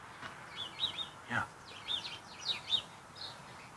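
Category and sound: bird, house sparrows chirping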